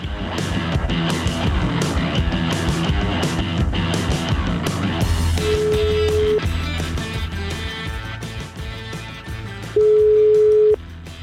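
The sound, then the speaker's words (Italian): A telephone call being placed from Milan to a farmhouse rings out with two steady, mid-pitched ringing tones, each about a second long and several seconds apart, the second louder, over a dense, busy background of other sound. “sentiamo comunque, dai, ragazzi, partite con la telefonata, vai.”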